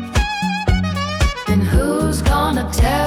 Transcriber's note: harmonies